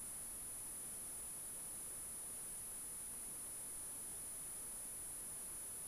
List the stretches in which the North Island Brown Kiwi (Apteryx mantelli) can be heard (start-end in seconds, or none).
none